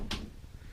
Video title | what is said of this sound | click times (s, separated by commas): Gavin Scooter DPV Prop Assembly, Maintenance and a few tips to keep it going for many dives. | until it snaps in place there it is | 0.1 s